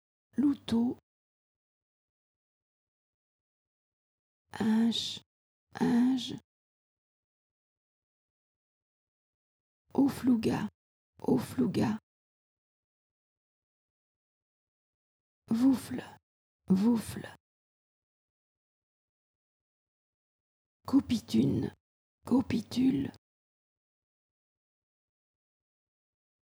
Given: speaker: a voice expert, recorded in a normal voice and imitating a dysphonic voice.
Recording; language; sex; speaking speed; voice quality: pseudo-word pairs; French; female; normal speed; dysphonic voice